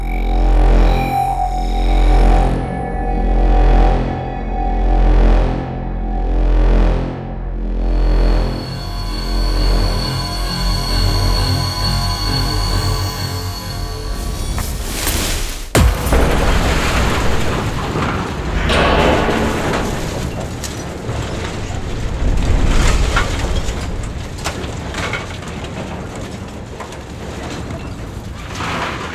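A dark cinematic sequence over a deep, constant rumble: pulsing whooshes repeat about every second and a half, then a tone climbs in a long rise. A sharp hit lands near fifteen seconds, giving way to a dense, clattering industrial texture.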